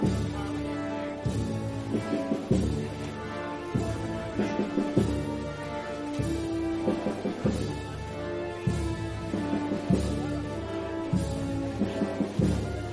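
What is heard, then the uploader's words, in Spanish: A brass band plays during the procession of María Santísima de Salud y Esperanza, with steady sustained chords and regular drum beats underneath. Sonidos del trasncurrir del paso de María Santísima de Salud y Esperanza por el barrio de San Benito en su regreso tras haber participado del Vía Lucis Mariano.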